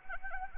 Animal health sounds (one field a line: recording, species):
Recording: mosquito wingbeat signal from an infrared sensor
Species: Anopheles arabiensis